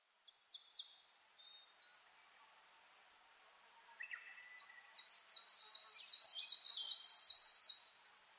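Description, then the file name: Coal tit song, a faint series of high see-saw phrases, a short gap, then a louder run of quick repeated double notes. Recorded 10 June 2009 at 06:39 in the morning. "higara 20090610-0639"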